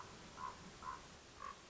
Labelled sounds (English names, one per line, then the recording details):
Common Raven
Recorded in Sonoma County, California